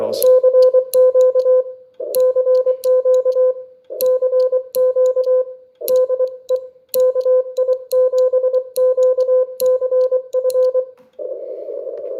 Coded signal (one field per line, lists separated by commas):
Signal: Morse code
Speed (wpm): 22 wpm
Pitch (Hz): 510 Hz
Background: none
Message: CQ CQ CQ DE KI7QCF